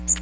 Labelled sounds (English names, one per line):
Magnolia Warbler flight call